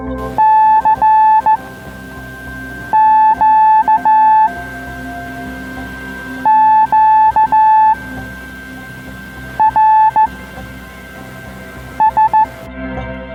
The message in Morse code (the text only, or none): CQ QRS